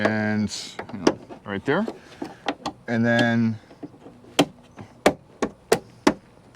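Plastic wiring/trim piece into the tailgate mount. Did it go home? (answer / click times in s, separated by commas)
yes / 6.1 s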